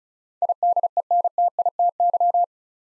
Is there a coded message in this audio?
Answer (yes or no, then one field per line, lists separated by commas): yes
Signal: Morse code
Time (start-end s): 0.4-2.4 s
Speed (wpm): 36 wpm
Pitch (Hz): 700 Hz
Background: none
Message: IDENTITY